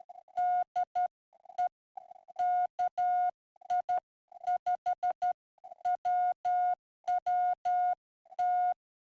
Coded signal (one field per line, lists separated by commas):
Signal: Morse code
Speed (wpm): 12 wpm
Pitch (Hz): 720 Hz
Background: none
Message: DE KI5WWT